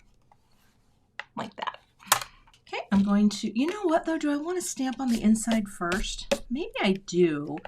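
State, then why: Seated. A small bone folder is pushed back onto its holder or cap and snaps into place with a sharp click at 1.2 s, seating it. A few light taps follow around 2.1 s, and then someone talks.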